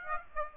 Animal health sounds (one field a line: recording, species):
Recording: mosquito wingbeat signal from an infrared sensor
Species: Aedes aegypti